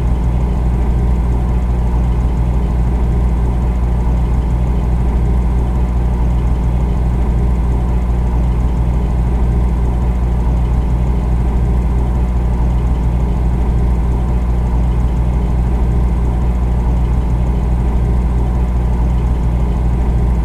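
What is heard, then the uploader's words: A refrigerator hums steadily, a deep, low drone that never changes across the whole stretch. Faint buzzing vibration rides above the rumble, with a soft hiss higher up, and no distinct events break the even sound. Serene Fridge Noises. The gentle hum and soft vibrations emanating from your refrigerator.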